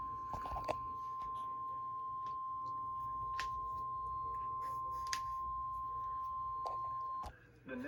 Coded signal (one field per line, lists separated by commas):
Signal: Emergency Alert System (SAME) tones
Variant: 1050 Hz attention tone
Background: speech